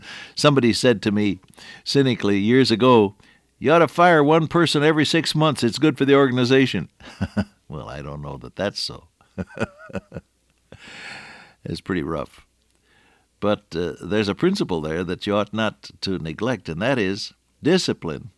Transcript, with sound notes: Somebody said to me, cynically, years ago, “You ought to fire one person every six months, it’s good for the organization.” [chuckle] Well, I don’t know that that’s so. [chuckle] That’s pretty rough. But there’s a principle there that you ought not to neglect, and that is discipline,